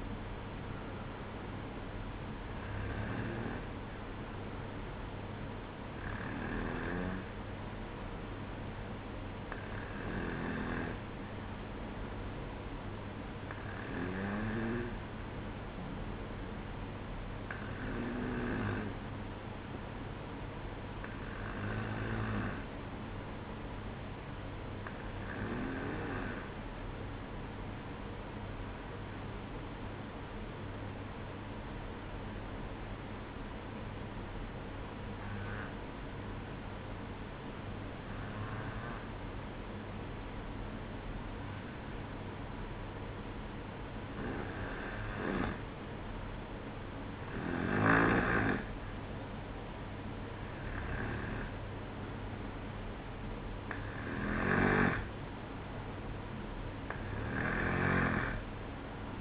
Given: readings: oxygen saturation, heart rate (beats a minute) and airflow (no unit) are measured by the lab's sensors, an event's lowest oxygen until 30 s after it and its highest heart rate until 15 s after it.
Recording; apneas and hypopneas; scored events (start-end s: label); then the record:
breathing in sleep by a voice recorder at the bedside; 1
25.00-59.21 s: new sleep stage, N2 (light sleep)
27.00-49.00 s: hypopnea (N2, oxygen 95% highest, then 92% lowest, heart rate 64 at the start, 66 highest)
From the record:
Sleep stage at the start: N1 (lightest sleep); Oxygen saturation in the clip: 92 to 95%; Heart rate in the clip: 63 to 67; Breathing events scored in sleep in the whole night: 305 in 9.6 hours asleep